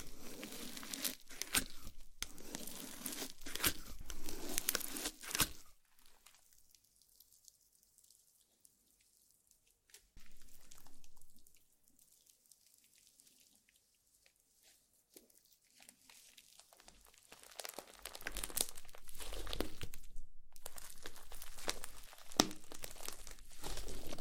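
Slime squelches and crinkles in dense, wet bursts for five seconds, goes nearly silent with a brief stir near ten seconds, then resumes steadily.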